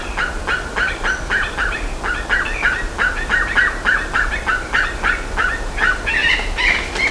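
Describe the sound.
Bird calls, short harsh notes repeated about three times a second in a chattering series, with higher, sharper notes near the end.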